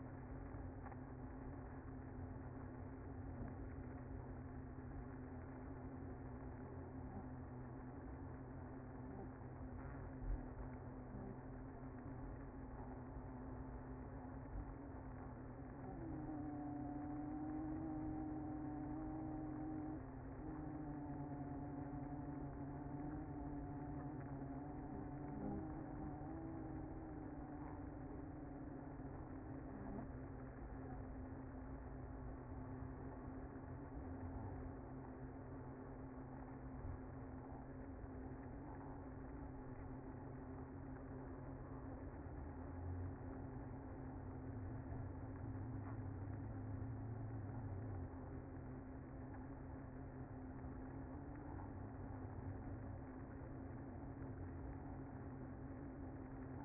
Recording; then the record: honeybee colony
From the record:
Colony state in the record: active